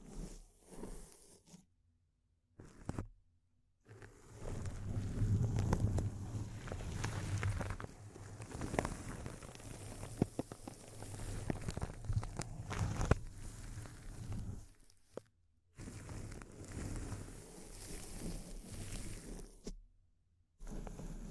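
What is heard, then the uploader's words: Intense, close-up crinkling: dense, crackly rustles like handled plastic or foil, pouring out in long busy stretches. Brief silent gaps break it near 2, 3.5, 15 and 20 seconds, and the crinkling is loudest and thickest between about 5 and 13 seconds. ASMR Intense Close-Up Crinkles (No Talking).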